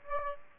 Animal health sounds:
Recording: mosquito wingbeat signal from an infrared sensor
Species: Aedes aegypti

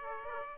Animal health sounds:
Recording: mosquito wingbeat signal from an infrared sensor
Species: Aedes aegypti

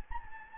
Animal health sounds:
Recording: mosquito wingbeat signal from an infrared sensor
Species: Anopheles gambiae

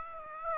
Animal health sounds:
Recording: mosquito wingbeat signal from an infrared sensor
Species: Aedes aegypti

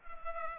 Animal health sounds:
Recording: mosquito wingbeat signal from an infrared sensor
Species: Culex pipiens

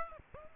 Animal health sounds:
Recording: mosquito wingbeat signal from an infrared sensor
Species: Aedes aegypti

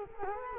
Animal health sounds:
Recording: mosquito wingbeat signal from an infrared sensor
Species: Culex quinquefasciatus

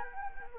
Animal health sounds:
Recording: mosquito wingbeat signal from an infrared sensor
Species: Anopheles arabiensis

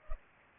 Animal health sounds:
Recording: mosquito wingbeat signal from an infrared sensor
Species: Culex pipiens

